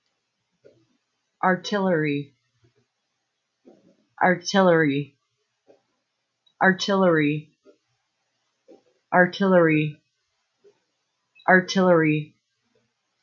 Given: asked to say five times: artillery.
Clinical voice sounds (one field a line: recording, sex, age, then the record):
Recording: repeated word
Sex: female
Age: 30 to 39 years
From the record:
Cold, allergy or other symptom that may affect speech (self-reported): yes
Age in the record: 36 years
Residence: United States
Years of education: 16